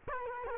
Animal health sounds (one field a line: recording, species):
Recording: mosquito wingbeat signal from an infrared sensor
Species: Culex quinquefasciatus